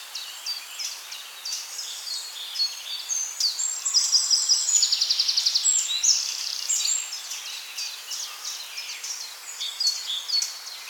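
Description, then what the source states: Woodland birds singing: scattered high twittering notes, then a fast trill in the middle, followed by more varied chirps. Bourne Woods, morning of 2 May 2020 at 08:04.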